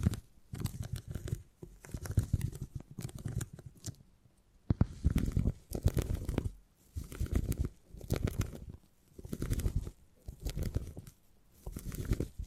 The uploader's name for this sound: Brain Tingly Sounds Using Beeswax